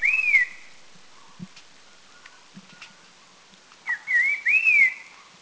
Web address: Sounds Thailand North Red-faced Liocichla Doi Lang